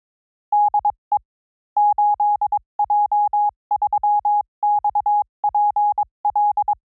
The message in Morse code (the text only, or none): DE 8J3XPL